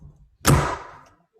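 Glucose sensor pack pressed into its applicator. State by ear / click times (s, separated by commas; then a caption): seated / 0.5 s. A glucose monitor (CGM) sensor pack and its plastic applicator, with their two marks lined up, are pressed together on a hard surface. After a quiet start, a sharp, bright click at 0.5 s fades over the next half second. The sensor pack snaps into place and the applicator is loaded and ready to go.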